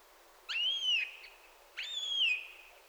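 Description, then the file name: Eurasian jay giving two drawn-out whistled mews, each rising quickly then sliding gently down, spaced over a second apart. "Garrulus glandarius"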